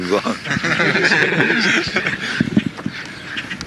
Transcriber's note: laughter